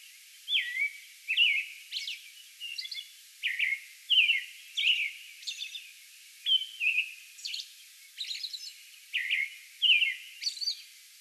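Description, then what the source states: American robin song: clear whistled phrases near mid-high pitch alternating with higher, thinner squeaky notes, delivered in a continuous bout with short gaps. Song bout recorded May 11.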